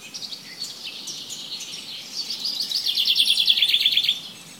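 Birdsong with scattered high chirps, then a fast, loud, rapidly repeated trill lasting about a second and a half before fading.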